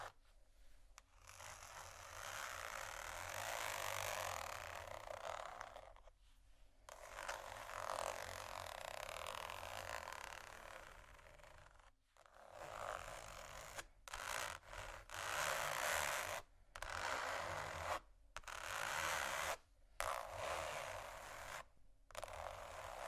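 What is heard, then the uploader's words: Dense, bright scratching on bamboo and glass runs in long steady stretches, broken by short silences that come more often after twelve seconds. Tapping, water, scratching, glass, bamboo.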